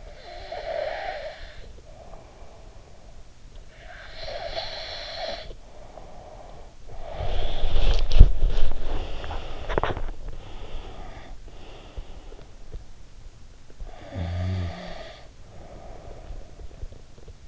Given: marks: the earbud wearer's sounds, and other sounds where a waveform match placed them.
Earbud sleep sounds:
sounds in sleep by an in-ear microphone; snoring breath, body movement, breath
0.00-3.33 s: snoring breath
3.71-9.99 s: snoring breath
7.70-10.29 s: body movement
10.29-12.83 s: breath
13.83-17.00 s: snoring breath

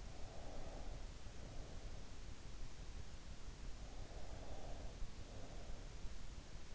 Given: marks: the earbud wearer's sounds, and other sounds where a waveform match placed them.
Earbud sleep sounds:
sounds in sleep by an in-ear microphone; breath
0.18-2.34 s: breath
3.94-6.10 s: breath

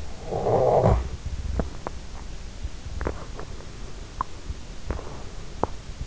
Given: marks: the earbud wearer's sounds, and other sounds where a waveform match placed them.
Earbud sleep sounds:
sounds in sleep by an in-ear microphone; snoring breath, teeth grinding
0.20-1.27 s: snoring breath
1.50-5.88 s: teeth grinding

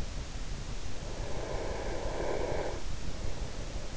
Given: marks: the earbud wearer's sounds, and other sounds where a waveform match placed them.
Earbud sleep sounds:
sounds in sleep by an in-ear microphone; breath
0.78-3.74 s: breath

